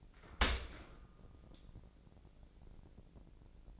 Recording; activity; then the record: daily activity, microphone in the room; open dishwasher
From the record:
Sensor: 5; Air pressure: 1012.4 hPa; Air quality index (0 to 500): 161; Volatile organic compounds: 2 ppm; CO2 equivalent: 1091 ppm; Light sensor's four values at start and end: 106/254/107/120 and 106/255/108/120